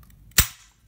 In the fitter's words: handle back through the top of the housing we're going to push it down until we hear it click into place and